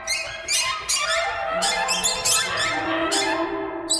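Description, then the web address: Birds chirping, a dense chatter of high squeaky notes in bursts, with harmonic tones lower down, continuing throughout without pause. "soundfactory birds"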